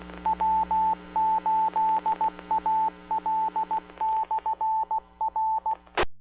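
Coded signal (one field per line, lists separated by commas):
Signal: Morse code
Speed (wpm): 16 wpm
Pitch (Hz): 880 Hz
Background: radio noise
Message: W8AL/R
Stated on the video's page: Club monthly meeting held as an on-air net on the 146.790 MHz repeater (141.3 Hz CTCSS) in Canton, Ohio.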